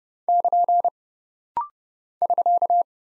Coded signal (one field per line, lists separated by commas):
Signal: Morse code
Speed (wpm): 30 wpm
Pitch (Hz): 700 Hz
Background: none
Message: <KN> <SK>